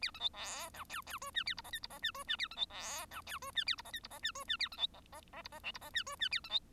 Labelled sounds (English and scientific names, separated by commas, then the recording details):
Bengalese Finch (Lonchura striata domestica) song
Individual Bird1